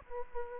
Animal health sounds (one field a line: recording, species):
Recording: mosquito wingbeat signal from an infrared sensor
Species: Aedes aegypti